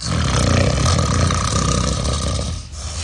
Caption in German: Schnarchen ist der Schlafstörer Nummer eins für die Betroffenen selbst und auch deren Partner.